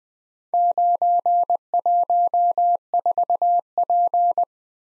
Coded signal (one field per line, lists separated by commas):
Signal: Morse code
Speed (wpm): 20 wpm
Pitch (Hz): 700 Hz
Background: none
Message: 914P